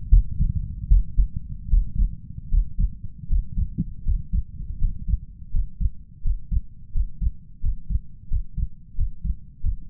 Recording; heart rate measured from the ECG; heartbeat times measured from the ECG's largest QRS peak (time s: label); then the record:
heart sounds by stethoscope; 82 bpm
0.08 s: heartbeat
0.87 s: heartbeat
1.68 s: heartbeat
2.49 s: heartbeat
3.28 s: heartbeat
4.03 s: heartbeat
4.79 s: heartbeat
5.51 s: heartbeat
6.22 s: heartbeat
6.92 s: heartbeat
7.60 s: heartbeat
8.28 s: heartbeat
8.95 s: heartbeat
9.61 s: heartbeat
From the record:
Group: healthy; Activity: Valsalva maneuver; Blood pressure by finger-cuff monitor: 116/82 mmHg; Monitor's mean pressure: 91 mmHg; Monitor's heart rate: 82 bpm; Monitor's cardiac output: 6.1 L/min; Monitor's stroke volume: 74 mL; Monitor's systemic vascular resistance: 1100 dyn s/cm5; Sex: male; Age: 21 years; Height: 180 cm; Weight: 67.5 kg